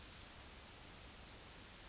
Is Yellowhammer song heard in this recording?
no